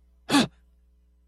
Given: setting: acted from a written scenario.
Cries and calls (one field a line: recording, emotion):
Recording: vocal sound without words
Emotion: negative surprise